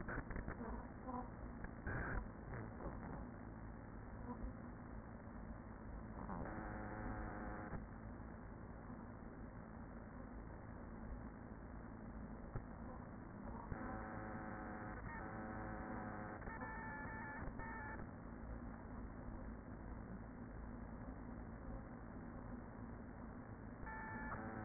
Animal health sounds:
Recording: honeybee colony, microphone inside the hive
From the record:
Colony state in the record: queen present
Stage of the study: after two queens were removed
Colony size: about 40,000 bees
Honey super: no

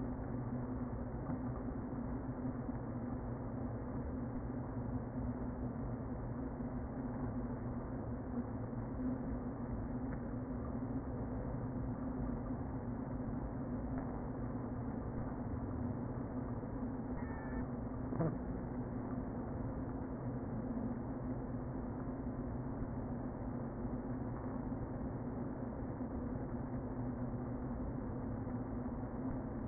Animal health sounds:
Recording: honeybee colony, microphone inside the hive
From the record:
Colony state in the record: queen present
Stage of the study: before two queens were removed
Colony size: about 60,000 bees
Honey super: yes

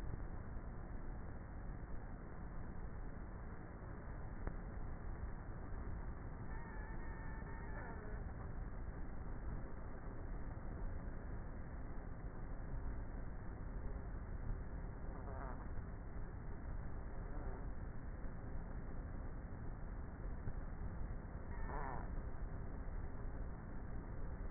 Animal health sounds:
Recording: honeybee colony, microphone inside the hive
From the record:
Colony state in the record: queenless with a low population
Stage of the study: before two queens were removed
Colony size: about 30,000 bees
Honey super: no

